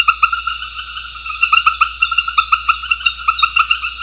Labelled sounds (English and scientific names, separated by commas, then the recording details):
none
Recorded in secondary vegetation near Puerto Asís, Putumayo, Colombia, on 4 March 2025 at 20:30
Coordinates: 0.498, -76.327
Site G001